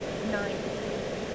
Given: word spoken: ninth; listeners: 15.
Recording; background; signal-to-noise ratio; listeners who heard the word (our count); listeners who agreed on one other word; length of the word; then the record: one English word in noise, from a listening test; speech-shaped noise; -5.5 dB; 1 of 15; 9 of 15; 0.95 s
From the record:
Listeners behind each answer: 9, 2, 1, 1, 1, 1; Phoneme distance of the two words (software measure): 17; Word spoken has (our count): 1 syllable, 4 phonemes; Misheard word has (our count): 1 syllable, 3 phonemes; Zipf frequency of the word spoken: 3.56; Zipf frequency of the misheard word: 5.65